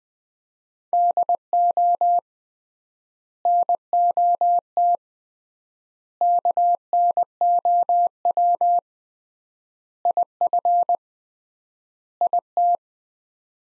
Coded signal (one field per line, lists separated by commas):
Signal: Morse code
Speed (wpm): 20 wpm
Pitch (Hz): 700 Hz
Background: none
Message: DO NOT KNOW IF IT